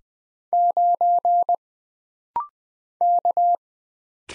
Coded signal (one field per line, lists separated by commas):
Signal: Morse code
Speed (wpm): 20 wpm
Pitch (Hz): 700 Hz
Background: none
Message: 9 K